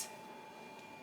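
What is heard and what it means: The drawer of an HTVRONT auto heat press is pushed toward its body, with a brief soft rustle at the very start fading into a steady low hiss and faint constant tones. The drawer has not clicked or latched into place yet.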